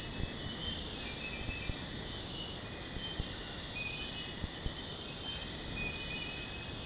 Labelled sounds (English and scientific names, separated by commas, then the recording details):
none
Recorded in dense forest near Puerto Asís, Putumayo, Colombia, on 18 February 2024 at 05:00
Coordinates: 0.472, -76.329
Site G6394